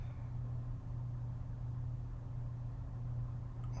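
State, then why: Not seated. A cleaned joint part, with the extra adhesive removed, is handled and lined up with an action figure before being pushed in. A steady low hum and faint handling noise fill the clip, with a slight rise at the very end. Nothing has seated or clicked yet.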